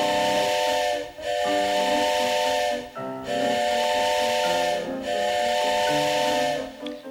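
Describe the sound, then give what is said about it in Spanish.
A steam train whistle sounds three long, loud, chord-like blasts in a steady rhythm, each separated by a brief break, with a constant hiss of steam running underneath. “Comenzó a llorar, pero se secó las lágrimas cuando oyó el silbatazo del tren.”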